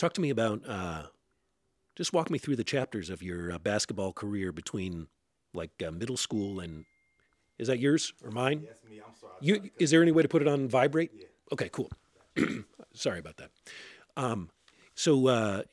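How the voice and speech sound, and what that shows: An adult man asks an interview question about a basketball career in fluent, clearly articulated speech with natural pitch movement, then pauses to deal with a phone interruption and apologizes. Rate, rhythm and voice quality are ordinary, with no speech disorder.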